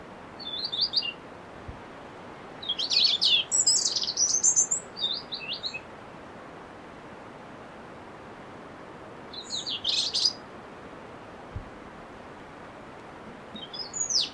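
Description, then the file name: European robin delivers scattered high, tinkling phrases separated by long pauses, some notes rising very high, over a steady background hiss. "Erithacus rubecula"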